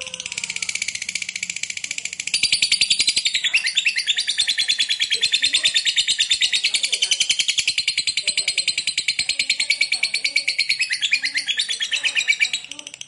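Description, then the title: Lovebird song: a long, continuous stream of rapid, harsh chattering and squeaky twittering notes, unbroken throughout and growing louder after a quieter start. Lovebird kept as a fighter bird, singing energetically (gacor). "SUARA Lovebird FIGHTER GACOR"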